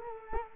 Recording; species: mosquito wingbeat signal from an infrared sensor; Culex quinquefasciatus